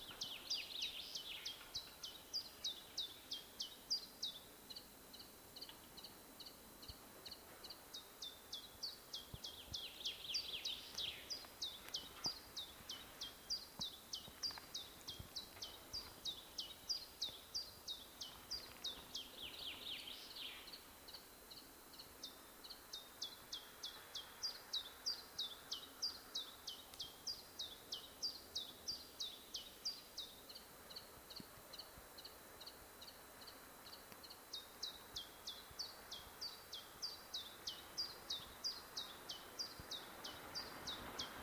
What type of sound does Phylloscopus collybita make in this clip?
song